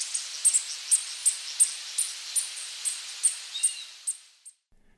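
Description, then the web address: Green-and-gold tanager repeating short, piercing high chips at a quick, slightly uneven pace, the series fading out toward the end. Eastern Lowlands of South America. "Natures Songs S America Eastern Lowlands Green-and-gold Tanager"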